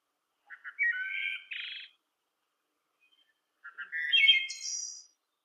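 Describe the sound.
Blackbird song: two phrases, each starting with short low chips and swelling into a buzzy, rattling trill, the second ending on a high thin whistle; otherwise quiet.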